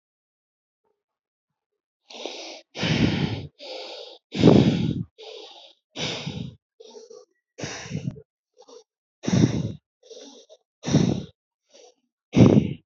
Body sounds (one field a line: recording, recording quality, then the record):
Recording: shallow breathing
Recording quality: excellent, no background noise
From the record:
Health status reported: healthy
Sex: male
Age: 25 years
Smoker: yes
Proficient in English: yes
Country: India